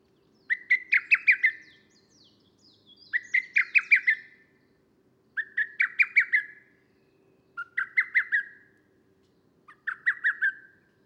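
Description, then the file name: Lesser cuckoo calling, each burst a quick run of five or six emphatic notes, repeated five times every two to three seconds over a low hum. Recorded 25 June 2010. "20100625 hototogis"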